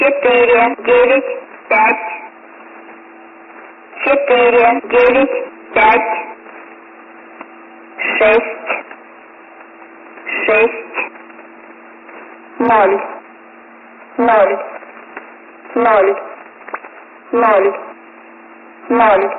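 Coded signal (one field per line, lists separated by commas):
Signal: numbers station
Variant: S06s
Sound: voice reading single digits at even intervals over band-limited shortwave audio, about 13 words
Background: radio static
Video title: S06s Ukraine Numbers 01/06/2011 1910 UTC 9110kHz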